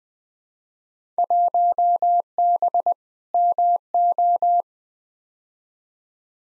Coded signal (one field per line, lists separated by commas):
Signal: Morse code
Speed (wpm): 20 wpm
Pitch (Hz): 700 Hz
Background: none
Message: 1B MO